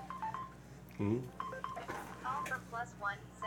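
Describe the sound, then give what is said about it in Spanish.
A mobile phone in a radio broadcast booth sounds off with incoming calls, a string of short, mid-pitched electronic beeps in uneven bursts over a low steady hum, with faint voices mixed in. “Gracias, porque es para aquí a los que estamos en cabina molestoso que estén entrando llamadas.”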